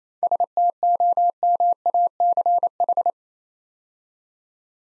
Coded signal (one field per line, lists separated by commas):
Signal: Morse code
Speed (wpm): 29 wpm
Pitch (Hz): 700 Hz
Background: none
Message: STOMACH